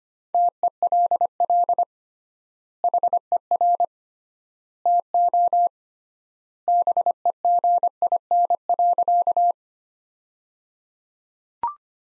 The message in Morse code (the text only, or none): TELL HER TO BEGIN.